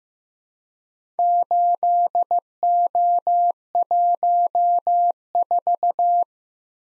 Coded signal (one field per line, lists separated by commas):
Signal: Morse code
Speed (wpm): 15 wpm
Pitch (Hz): 700 Hz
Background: none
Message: 8O14